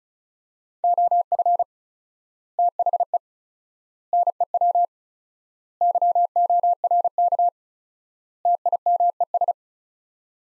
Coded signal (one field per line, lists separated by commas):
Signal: Morse code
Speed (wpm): 36 wpm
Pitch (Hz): 700 Hz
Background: none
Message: OF THE NEW YORK TIMES